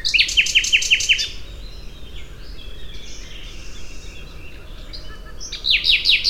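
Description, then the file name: Common nightingale song opening with a fast series of several sharp descending notes, quieter warbled phrases in between, then another rapid repeated series at the end. "Luscinia megarhynchos"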